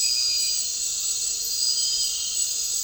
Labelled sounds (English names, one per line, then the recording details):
none
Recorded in dense forest near Puerto Asís, Putumayo, Colombia, on 4 March 2025 at 23:00
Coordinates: 0.467, -76.328
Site G041